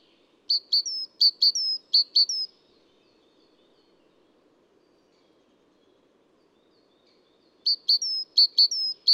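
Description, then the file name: Great tit song: high, ringing two-note phrases with a drawn-out whistle, repeated rapidly in one bout, then a pause of about five seconds before another bout. Adult male. "gtit-major-1-AD-M-S-IND 01 d bb felgentreu"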